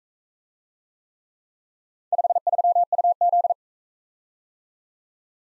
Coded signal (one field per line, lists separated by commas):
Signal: Morse code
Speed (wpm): 43 wpm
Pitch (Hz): 700 Hz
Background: none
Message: 53UZ